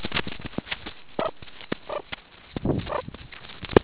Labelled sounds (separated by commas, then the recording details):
meerkat close call
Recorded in the Kuruman River Reserve, South Africa
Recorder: an audio tag on a meerkat's collar